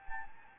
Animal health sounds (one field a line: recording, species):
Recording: mosquito wingbeat signal from an infrared sensor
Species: Anopheles gambiae